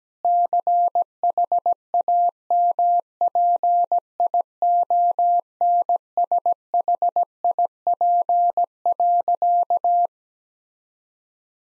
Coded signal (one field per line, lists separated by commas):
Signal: Morse code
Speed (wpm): 17 wpm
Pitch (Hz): 700 Hz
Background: none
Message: CHAMPIONSHIP.